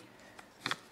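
A battery pack is slid onto the back of a TYT TH-UV8200 handheld two-way radio and snaps into place under its double latch. A faint tick comes at about 0.4 s, then two close, sharp clicks at 0.7 s and 0.7 s. The pack is seated and locked.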